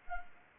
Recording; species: mosquito wingbeat signal from an infrared sensor; Anopheles arabiensis